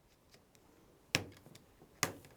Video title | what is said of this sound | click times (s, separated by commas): Creating an instant focal point with this new die and stencil set from Stacey Park! | did you hear that little click I hope you did because it pops right in and just give a press across | 1.1 s, 2.0 s